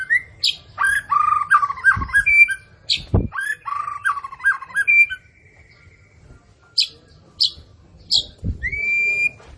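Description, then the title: White-rumped shama song of looping whistled phrases for about five seconds, broken by a few low thumps, then sparse sharp high chips and a single long level whistle. Morning song used as a lure to prompt captive white-rumped shamas into active singing; described as rich fill-in song ('isian mewah'). "PANCINGAN MURAI BATU. PAGI HARI! MURAI BATU GACOR ISIAN MEWAH"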